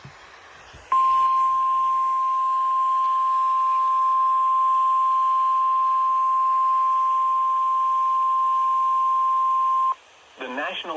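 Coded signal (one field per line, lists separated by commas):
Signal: Emergency Alert System (SAME) tones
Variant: 1050 Hz attention tone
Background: speech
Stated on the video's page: Weather radio alerts from several stations in Illinois, Indiana, Ohio and Kentucky.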